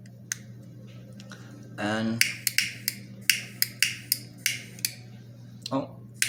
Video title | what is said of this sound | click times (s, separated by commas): Disassembly & Reassembly of a Zippo Butane Torch Insert .. (Hidden Screw) | and it just snaps into place | 0.3 s